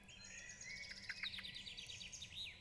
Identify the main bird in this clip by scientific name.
Turdus merula